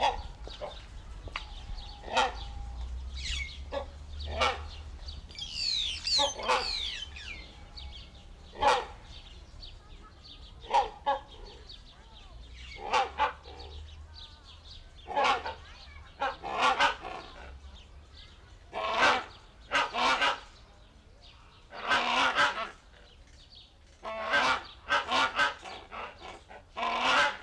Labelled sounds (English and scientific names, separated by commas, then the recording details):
Great Hornbill (Buceros bicornis)
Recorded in captivity
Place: Zoo Berlin, Berlin, DE
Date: 1992-08-01 11:32
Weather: sonnig, 24-26°C
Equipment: Marantz CP 430, Sennheiser ME 80, Kopie Tesla B 116
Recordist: Tembrock, Günter